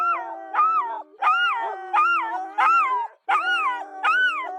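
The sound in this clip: Dogs howling together, mournful arching wails repeated roughly every 0.7 seconds, with a steady lower droning voice running beneath the higher cries.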